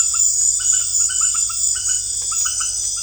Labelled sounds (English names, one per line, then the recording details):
none
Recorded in pastures near Puerto Asís, Putumayo, Colombia, on 27 June 2025 at 18:30
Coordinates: 0.502, -76.324
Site G010